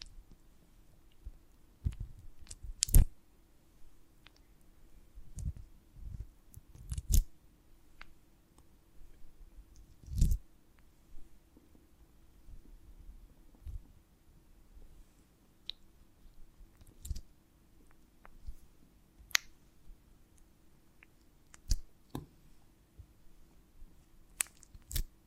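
Honeycomb on a branch being handled in ASMR style: sharp, crisp clicks and small snaps ring out irregularly, a few each second at times, with louder cracks near 3, 7, 10 and 25 seconds. A low, soft rumble stays steady beneath the quiet gaps.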